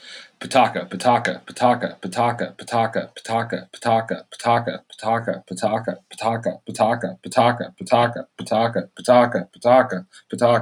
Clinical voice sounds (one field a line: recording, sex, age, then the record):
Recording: repeated syllables /pa ta ka/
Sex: male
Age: 30 to 39 years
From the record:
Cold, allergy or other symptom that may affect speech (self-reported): no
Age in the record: 30 years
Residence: Oregon, United States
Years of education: 16